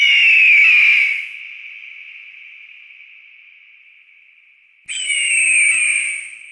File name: red tailed hawk. omkicau